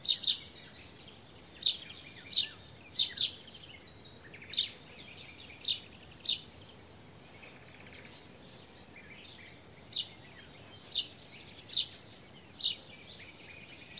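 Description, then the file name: House sparrow chirps, loud single and paired notes throughout, with softer twittering and a constant high-pitched drone. "Passer domesticus"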